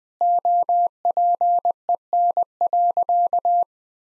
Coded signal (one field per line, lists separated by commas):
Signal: Morse code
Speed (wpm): 20 wpm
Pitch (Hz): 700 Hz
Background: none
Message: OPEN.